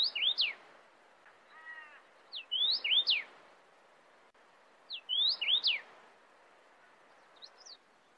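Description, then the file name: Cardinal giving quick phrases of looping whistled notes, one phrase every two to three seconds, with a short lower call heard once and a soft closing fragment. "tieng chim hong y giao chu don sac"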